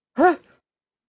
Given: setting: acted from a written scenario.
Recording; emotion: vocal sound without words; fear